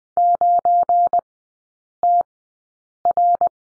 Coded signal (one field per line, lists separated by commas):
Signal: Morse code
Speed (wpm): 20 wpm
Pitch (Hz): 700 Hz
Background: none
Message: 9TR